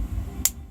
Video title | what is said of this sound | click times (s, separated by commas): M1 Garand - Doubling | when you have a positive engagement and a release, you'll hear a click right in. | 0.4 s